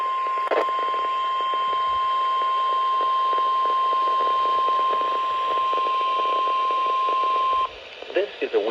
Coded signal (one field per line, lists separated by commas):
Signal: Emergency Alert System (SAME) tones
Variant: 1050 Hz attention tone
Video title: 4/28/21 - WXJ94 Required Weekly Test (EAS #57)